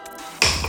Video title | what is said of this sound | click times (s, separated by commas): I Broke A Bolt On My Rally And I Can't Get My Front Tire Back On | All right, that's a positive click. | 0.4 s